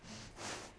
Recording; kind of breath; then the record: one breath in and out by a microphone near the nose and mouth; strong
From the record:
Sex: female